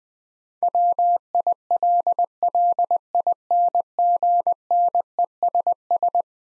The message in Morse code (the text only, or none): WILLINGNESS